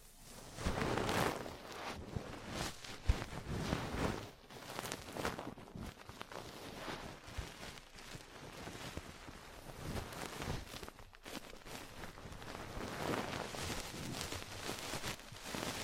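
Ear cleaning and massage sounds: dense, scratchy rubbing that swells and fades in uneven strokes roughly every second, with muffled, hollow cupping bursts. A sharp tap stands out near three seconds, and the rubbing briefly drops away around eleven seconds.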